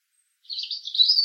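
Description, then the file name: European robin song fragment: a short, high, scratchy warble that rises slightly in pitch toward the end, with nothing else audible. "Erithacus rubecula"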